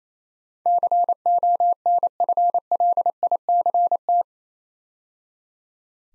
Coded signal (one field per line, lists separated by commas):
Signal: Morse code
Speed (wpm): 29 wpm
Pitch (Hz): 700 Hz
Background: none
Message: CONFLICT